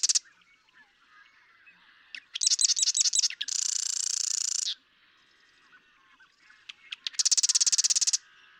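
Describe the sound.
Marsh Wren song: stuttering clicks lead into a harsh, rapid, buzzing rattle, given twice with a quiet gap between.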